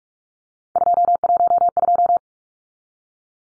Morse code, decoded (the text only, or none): 212